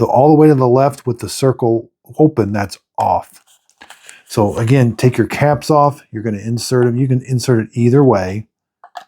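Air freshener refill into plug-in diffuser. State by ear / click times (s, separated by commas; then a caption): seated / 8.8 s. A plastic scent oil refill bottle, caps removed, is inserted into a Febreze Plug Scent Booster plug-in air freshener diffuser while someone talks. A few soft clicks are heard around 3.7–4.1 seconds, and the refill clicks into place at 8.8 seconds, seated.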